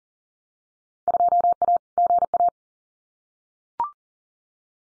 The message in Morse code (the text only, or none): 2A GA